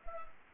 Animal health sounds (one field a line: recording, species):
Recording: mosquito wingbeat signal from an infrared sensor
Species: Culex quinquefasciatus